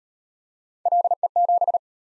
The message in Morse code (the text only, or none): LE7